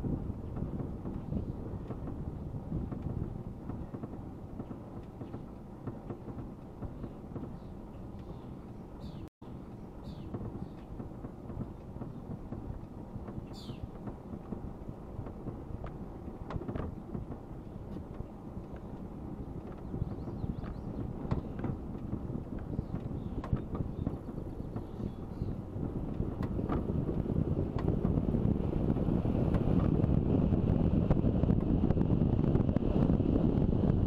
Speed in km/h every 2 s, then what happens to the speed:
12, 11, 11, 11, 11, 13, 13, 14, 14, 15, 17, 16, 18, 22, 26, 29, 32.
0-23 steady at about 13. 23-34 speeds up to 32.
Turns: none.